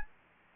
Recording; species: mosquito wingbeat signal from an infrared sensor; Anopheles gambiae